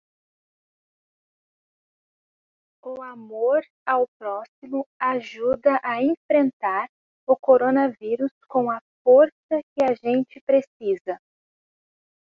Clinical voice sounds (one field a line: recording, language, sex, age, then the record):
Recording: spoken sentence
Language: Brazilian Portuguese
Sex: female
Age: 30 to 39 years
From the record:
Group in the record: control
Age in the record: 38 years